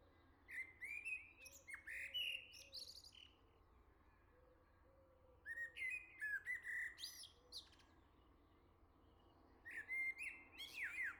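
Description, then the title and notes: Common blackbird pouring out warbled flute-like phrases with high twittering codas, in three bursts a few seconds apart. "Le Merle salue l'été, 3 Gd Rue de Chassagne, 17220 La Jarrie, France. Quel Sol!!!! pour saluer l'arrivée de l'été ce matin! Merci Jolie Merle de tes vocalises à proximité!"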